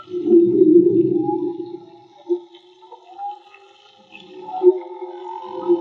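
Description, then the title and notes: Whale song: a loud low growling moan fades into thin tonal cries and a few soft knocks, then the tones swell again. Whale song, field recording made with DIY-built hydrophones; audio cleaned afterwards. "CANTO DE BALLENAS MAGMA. Grabación de campo y construcción dehidrofonos DIY. Limpieza de audio"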